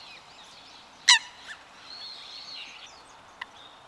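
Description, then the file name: Eurasian Coot calling with one loud, explosive note, followed by a softer note and a brief click. "ooban"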